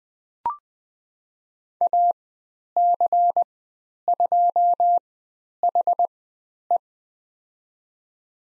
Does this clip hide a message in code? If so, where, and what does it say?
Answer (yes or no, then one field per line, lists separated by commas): yes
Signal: Morse code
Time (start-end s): 1.8-6.8 s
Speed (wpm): 20 wpm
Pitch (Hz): 700 Hz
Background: none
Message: AC2HE